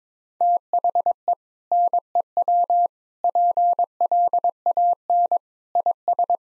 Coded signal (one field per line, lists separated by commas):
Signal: Morse code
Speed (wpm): 22 wpm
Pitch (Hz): 700 Hz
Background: none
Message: THE NEW PLAN IS